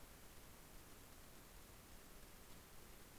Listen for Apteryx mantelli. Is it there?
no